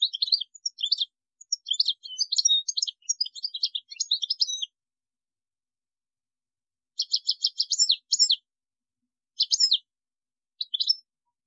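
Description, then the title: European goldfinch song, a fast liquid twittering run of high notes, a pause of about two seconds, then shorter tinkling phrases. "Chant Chardonneret"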